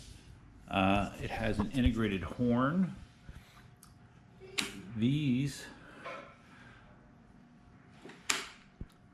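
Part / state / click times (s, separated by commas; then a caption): folding handlebar latch on an electric scooter stem / seated / 8.3 s. The folding handlebars on the stem of an Ultron Ultra electric scooter are folded down for storage while someone talks. A single sharp, loud click at 8.3 s marks the fold latch locking the handlebars into place.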